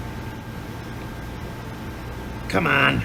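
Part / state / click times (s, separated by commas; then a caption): fuel line quick connector onto diesel fuel filter housing / not seated / none. A fuel line quick connector on a 6.7 Powerstroke with a broken fuel line is worked into position on the diesel fuel filter housing fitting after its O-ring has been lubed, lined up before the push. A steady low hum runs throughout, and someone talks briefly near the end. Nothing has clicked or seated yet.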